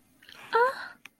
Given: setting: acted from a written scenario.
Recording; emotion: vocal sound without words; shame